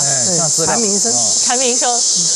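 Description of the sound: A steady, high-pitched shrill hiss like summer cicadas runs through the whole clip, with a voice talking over it. It is a simulated cicada-type tinnitus sound, one of the common ringing noises people with tinnitus describe hearing.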